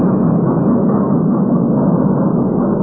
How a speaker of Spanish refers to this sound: Y a bordo del ferrocarril en marcha, el extraño señor Smith llegaba hasta su compartimiento y se dejaba caer en su asiento.